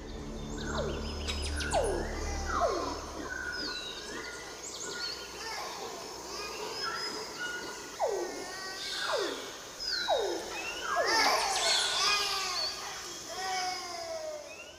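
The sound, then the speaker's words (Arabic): An infant cries in a forest in a series of short, falling wails, one after another, steady and fairly loud with no talking over it. “كان صوت طفل قاعد يبكي، طفل رضيع يبكي.”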